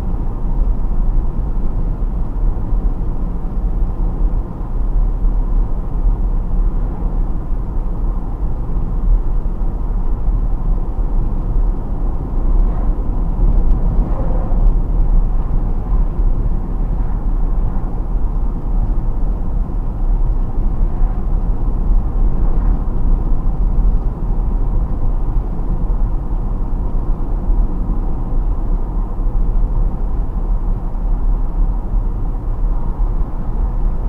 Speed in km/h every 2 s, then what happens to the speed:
70, 70, 70, 70, 70, 70, 70, 70, 70, 70, 70, 70, 70, 70, 70, 70, 70.
0-34 steady at about 70.